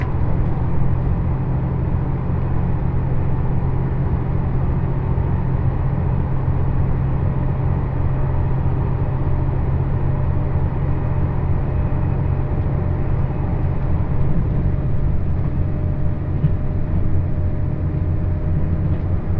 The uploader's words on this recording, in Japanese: 高徳線 徳島→三本松 特急うずしお24号。2両編成で後ろの28席が指定席、1両半ほどが自由席になります。